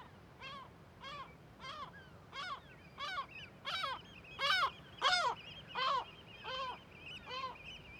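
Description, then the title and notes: Gull alarm calls, a steady series of harsh, strident barks that grow louder toward the middle, over a low background rumble. Large cliff amphitheatre above Viðarlundin woodland, Kunoy, Faroe Islands; gulls and other birds alarmed at the recordist's approach; quadraphonic recording, MixPre6II with DPA 4021 and 4022 microphones. "Le Palais des mouettes . Grand Cirque . Kunoy, Îles Féroé. Iles Féroé, KUNOY, nous sommes au dessus la forêt de Viðarlundin í Kunoy, le Cirque est énorme et les mouettes et autres oiseaux se mettent en alerte"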